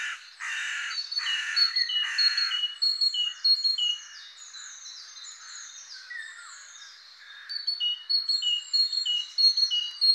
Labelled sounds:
Great Tit song
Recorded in the wild
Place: Damtschik/Wolgadelta, RU
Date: 2006-05-22
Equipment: MiniDisc Sharp MT 20 H
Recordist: Schwarz, Dieter

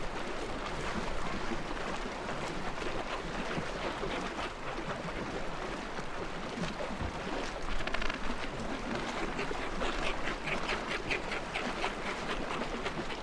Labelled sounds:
Gentoo Penguin call
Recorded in the wild
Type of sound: call
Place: Brown Station, Antarctica, AQ
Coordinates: -64.54, -62.52
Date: 2018-12-25
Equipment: Olympus LS-100, Sennheiser ME66
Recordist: Beaulieu, Michaël
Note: In Kolonie von Eselspinguinen. Meistens brütende Vögel

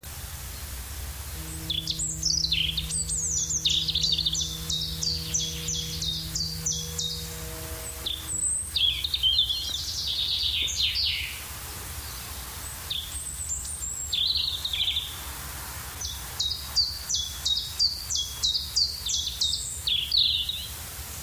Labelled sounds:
Common Chaffinch song
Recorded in the wild
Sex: male
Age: adult
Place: Ebeltoft, Halbinsel Mols, DK
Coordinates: 56.2239, 10.5783
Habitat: decidouos forest
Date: 1994-04-08
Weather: hazy, rime, ca. 0°C
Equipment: Sony WM-D6C, Sennheiser MKH 70, Kopie Revox C 270
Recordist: Frommolt, Karl-Heinz

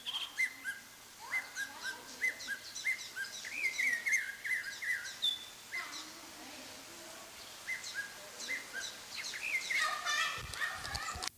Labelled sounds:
Snowy-crowned Robin-Chat song
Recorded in captivity
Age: adult
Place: Zoo Leipzig, Sachsen, DE
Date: 2003-10-01 16:56
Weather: fair, 16°C
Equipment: Fair Mate ST-1328 (Asahi Electronics, Japan), Sennheiser ME 80, Kopie Uher 4000 Report Monitor
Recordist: Tembrock, Günter

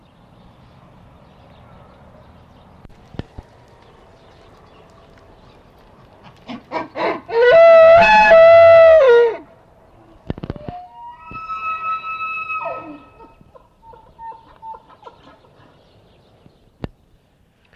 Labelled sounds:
Wapiti rut call
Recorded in captivity
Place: Tierpark Berlin, Berlin, DE
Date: 1965-10-09 14:00
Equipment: Telefunken Magnetophon 300, Sennheiser MD 421, Transistorverstärker 2
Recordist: Tembrock, Günter

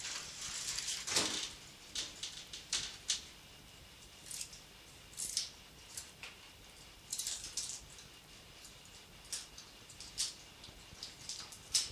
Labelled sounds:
Rhesus Monkey
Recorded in captivity
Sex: female
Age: adult
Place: Zoologisches Institut der HUB, Berlin, DE
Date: 1957-03-18
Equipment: Elmetra
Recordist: Tembrock, Günter
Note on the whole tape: Weibchen: Jammer-Laut, bei gegenseitiger Körperpflege (Pawel und Frieda) und ohne Anlass. Abstand zum Mikrophon: 2-2,5 m

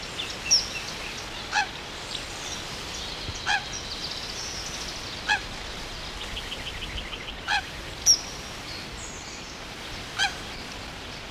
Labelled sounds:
Eurasian Coot call
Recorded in the wild
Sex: female
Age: adult
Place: Mühlenbecker Land, OT Mönchmühle, Brandenburg, DE
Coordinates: 52.6464, 13.3944
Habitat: pond
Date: 1988-06-04 10:30
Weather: bedeckt, 18-20°C, Wind
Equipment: Nagra SN, Kopie Tesla B 116
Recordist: Tembrock, Günter

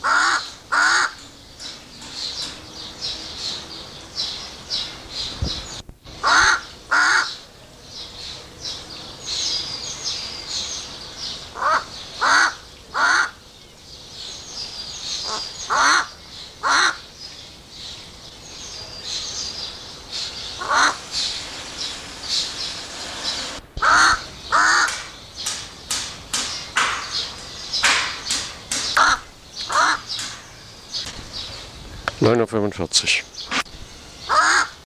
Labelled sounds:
Augur Buzzard call
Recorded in captivity
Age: adult
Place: Zoo Berlin, Berlin, DE
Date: 1986-05-23
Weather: sonnig, 15°C
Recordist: Tembrock, Günter

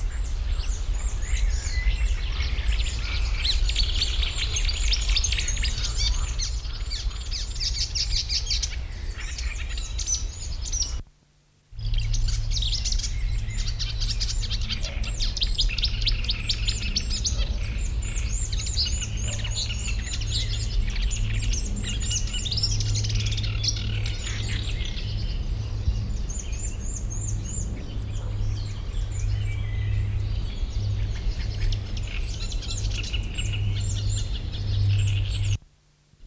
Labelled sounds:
Great Reed Warbler
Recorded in the wild
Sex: male
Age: adult
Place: Blankenfelde, Berlin, DE
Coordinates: 52.332, 13.421
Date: 1993-05-30
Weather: heiter, 18-21°C
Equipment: Marantz CP 430, Sennheiser ME 80, Kopie Uher Variocord 263
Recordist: Tembrock, Günter

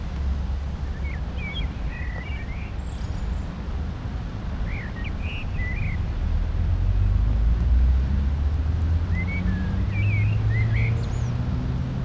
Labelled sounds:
Common Blackbird song
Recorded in the wild
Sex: male
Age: adult
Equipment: Uher 4000, Sennheiser MKH 415 T
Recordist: Tretzel, Erwin
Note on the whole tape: Bielefeld-Mitte (?), "die andere hinterm Forsthaus": Gesang

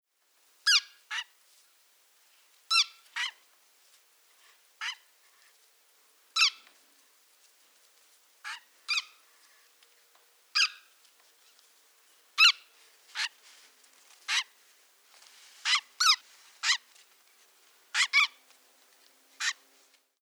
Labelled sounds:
Black-necked Grebe
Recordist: Tembrock, Günter
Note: Rufe eines Kükens

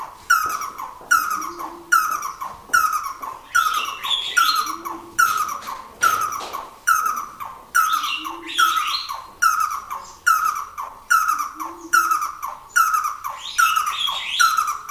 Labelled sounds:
Red-and-yellow Barbet call
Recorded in captivity
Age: adult
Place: Zoo Berlin, Berlin, DE
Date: 2000-09-07 17:32
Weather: fair, 16°C
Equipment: Nagra SN, Kopie Uher 4000 Report Monitor
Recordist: Tembrock, Günter

